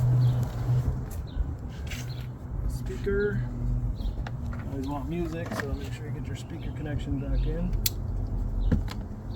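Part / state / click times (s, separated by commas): speaker wiring connector into car door speaker / not seated / none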